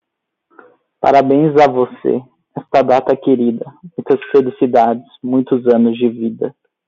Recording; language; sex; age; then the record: short text; Brazilian Portuguese; male; 20 to 29 years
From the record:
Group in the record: control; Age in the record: 22 years